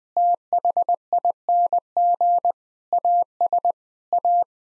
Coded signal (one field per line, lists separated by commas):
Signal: Morse code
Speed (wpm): 20 wpm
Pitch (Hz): 700 Hz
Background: none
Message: THING AS A